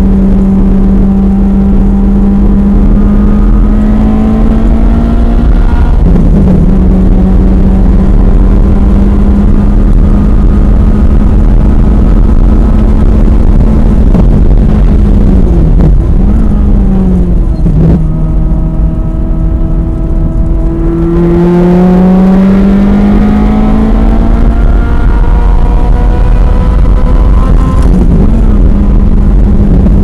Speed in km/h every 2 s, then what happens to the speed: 111, 121, 130, 132, 142, 148, 150, 121, 84, 90, 105, 119, 132, 137, 137.
0-12 speeds up to 150. 12-17 brakes to 84. 17-25 speeds up to 137.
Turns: 0-10, 14-20.